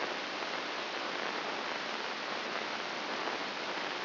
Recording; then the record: brain microelectrode recording played as sound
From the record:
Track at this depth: inside the subthalamic nucleus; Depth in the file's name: 3.631 mm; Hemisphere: left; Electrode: 3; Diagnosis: Parkinson's disease